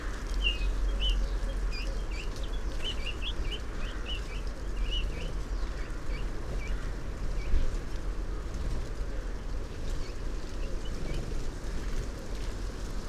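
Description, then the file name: Eurasian bullfinch giving a loose series of short, thin chirping notes through the first half, fewer later, over a steady low background rumble. "Pyrrhula pyrrhula"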